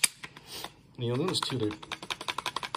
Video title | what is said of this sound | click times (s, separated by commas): SNIPER STOCK?!: 6.5 GRENDEL BUILD PART 3!! | once you get it adjusted simply slip that guy in lock into place | 0.0 s